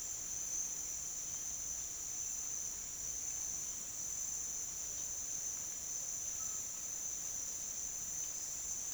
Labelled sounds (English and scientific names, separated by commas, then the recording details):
none
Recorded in secondary vegetation near Puerto Asís, Putumayo, Colombia, on 29 June 2025 at 08:30
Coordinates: 0.485, -76.322
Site GP06